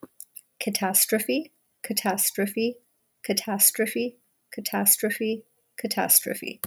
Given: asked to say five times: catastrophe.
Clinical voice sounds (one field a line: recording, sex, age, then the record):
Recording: repeated word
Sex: female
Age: 30 to 39 years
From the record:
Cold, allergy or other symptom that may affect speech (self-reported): no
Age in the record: 36 years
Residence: Virginia, United States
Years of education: 16